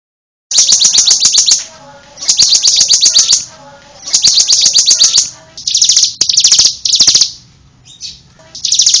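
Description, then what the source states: Bird giving loud bursts of rapid, high chattering notes, separated by short pauses. Bird chirping.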